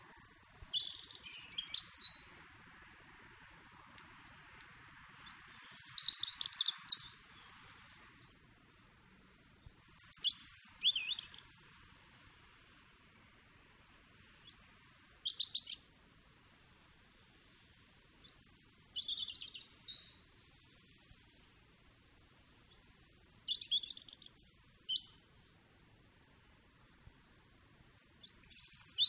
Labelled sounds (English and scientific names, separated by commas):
European Robin (Erithacus rubecula) song